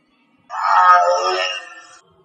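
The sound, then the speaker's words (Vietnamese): A tiger, leaping up with its claws hooked into a wall, lets out one loud, raspy roar lasting about a second and a half, rich in harsh overtones, swelling quickly and then tapering off into silence. “Và rồi nó phát ra tiếng gầm, làm rung cả thanh thang tôi đang nắm.”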